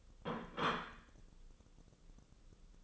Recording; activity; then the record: daily activity, microphone in the room; place plate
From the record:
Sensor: 4